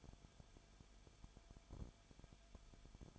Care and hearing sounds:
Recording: daily activity, microphone in the room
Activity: no activity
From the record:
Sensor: 5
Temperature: 20.3 degrees Celsius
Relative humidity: 39.8%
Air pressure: 1010.8 hPa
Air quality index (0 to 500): 165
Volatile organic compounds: 15 ppm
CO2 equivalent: 2501 ppm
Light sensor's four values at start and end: 2/3/1/1 and 2/3/1/1

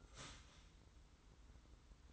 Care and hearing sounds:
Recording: daily activity, microphone in the room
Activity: start toaster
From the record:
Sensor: 3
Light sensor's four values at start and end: 41/98/39/37 and 41/98/40/37

